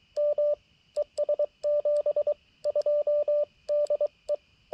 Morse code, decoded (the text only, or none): M ES 72 DE